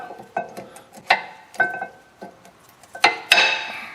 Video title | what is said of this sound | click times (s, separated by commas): Mercedes GLE350 rear brake pads replacement(奔弛GLE350后刹车片更换) | 另外这一侧也是一样的，给它扣上。 | 3.0 s, 3.3 s